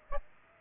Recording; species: mosquito wingbeat signal from an infrared sensor; Aedes aegypti